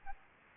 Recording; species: mosquito wingbeat signal from an infrared sensor; Anopheles arabiensis